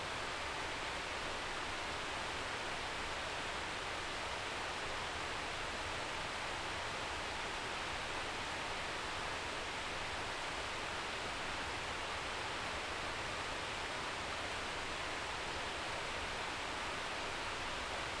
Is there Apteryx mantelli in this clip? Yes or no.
no